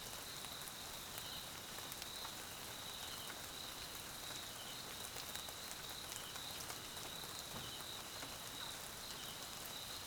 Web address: Tonschliff - SOUTH AFRICAN CRICKETS BG Swaziland Mkhaya Jungle Night Rain